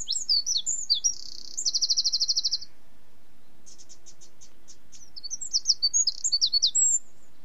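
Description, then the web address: Bird song: high, quick twittering phrases with a rapid buzzy trill, a pause, then more sharp chirping notes. Forest in the Central Urals. "sonido del canto de los pajaros en el bosque de los urales centrales"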